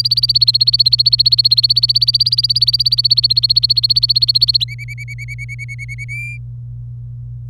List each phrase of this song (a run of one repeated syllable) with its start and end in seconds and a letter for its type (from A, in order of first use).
0.00-4.64 A, 4.68-6.04 B, 6.09-6.37 C